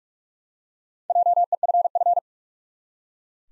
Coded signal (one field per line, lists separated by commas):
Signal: Morse code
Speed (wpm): 46 wpm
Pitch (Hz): 700 Hz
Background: none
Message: JEFF